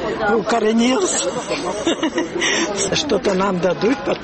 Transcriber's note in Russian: Смех